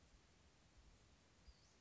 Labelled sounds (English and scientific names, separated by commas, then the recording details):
Western Flycatcher (Empidonax difficilis)
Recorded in Sonoma County, California